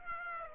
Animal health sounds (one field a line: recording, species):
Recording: mosquito wingbeat signal from an infrared sensor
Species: Aedes aegypti